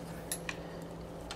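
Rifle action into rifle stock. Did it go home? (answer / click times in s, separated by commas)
yes / 0.3 s, 0.5 s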